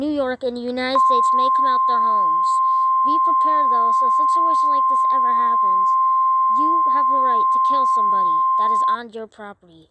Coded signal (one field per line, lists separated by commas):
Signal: Emergency Alert System (SAME) tones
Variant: 1050 Hz attention tone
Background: speech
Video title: DENNIS THE KILLER EAS